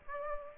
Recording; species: mosquito wingbeat signal from an infrared sensor; Aedes aegypti